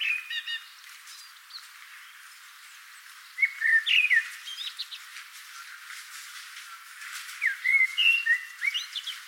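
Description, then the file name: Common blackbird song: a phrase at the start, then two mellow fluted whistled phrases ending in higher squeaky twitters, about four seconds apart. "Turdus merula"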